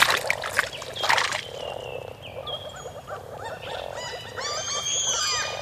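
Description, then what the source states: Frogs calling in a mixed chorus of many short calls. Several frog species calling at a lake just after the ice had melted; recording from 1986.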